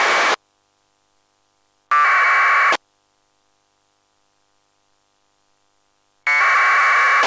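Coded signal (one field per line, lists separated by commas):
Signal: packet radio (AX.25, as in APRS)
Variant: AFSK 1200 baud APRS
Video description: This video shows the Qtmm soundcard modem receiving local APRS traffic on 144.800 MHz.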